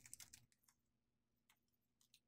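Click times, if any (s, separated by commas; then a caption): 0.1 s. A plastic paper input tray, laid flat on the table, is pushed straight into the bottom of an HP LaserJet Pro 100 laser printer. A short cluster of sharp plastic clicks in the first half second, strongest at 0.1 s, is followed by a few fainter ticks later on. The tray snaps into place and is seated.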